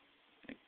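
A small steel top-hat-shaped check-valve cap is pulled off the top of a hydraulic valve lifter plunger, by finger or with a tool. It comes off easily, with sharp snap clicks at 0.4 s and 0.5 s as the cap releases from where it normally snaps in place.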